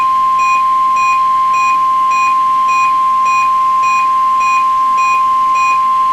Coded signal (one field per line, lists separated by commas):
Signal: Emergency Alert System (SAME) tones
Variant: 1050 Hz attention tone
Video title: TEST DAY | EAS #274- Required Weekly Test on WXJ53 (KPL20 relays of WXJ53, KGG68 and KEC56)